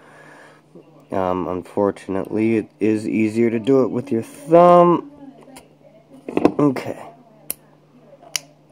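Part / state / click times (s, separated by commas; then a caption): rear cover plate into pistol slide / seated / 7.5 s, 8.4 s. Someone talks while the spring-loaded rear cover plate of a Springfield XDS 4.0 pistol slide is pushed in with the thumb during a fiber optic sight change. Sharp clicks sound at 7.5 s and 8.4 s as the plate snaps home and seats in place.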